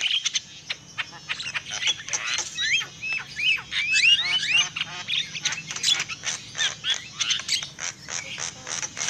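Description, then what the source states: Lovebird calls, trains of sharp clicking chirps and curling rising squeaks, pulsing in short bursts. Lovebird calls used as a lure for trapping birds.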